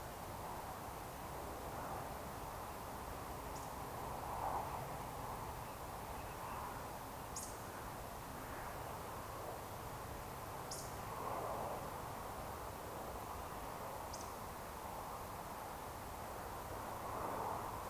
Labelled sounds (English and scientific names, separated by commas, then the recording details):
Eurasian Woodcock (Scolopax rusticola)
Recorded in Baden-Württemberg, Germany, on 29 June 2020 at 20:18 UTC
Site 43791, 788 m above sea level